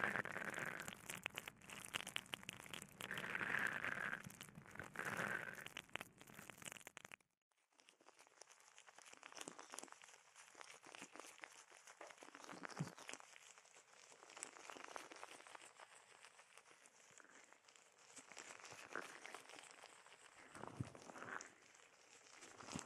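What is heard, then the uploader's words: Bubble wrap and a sponge being handled, with dense crinkling and crackling throughout. The first seven seconds are fuller and heavier, then a brief silence, and the rest turns thinner and brighter with scattered soft pops and squeaks, plus a louder squish near 21 seconds. Bubble Wrap, Sponge.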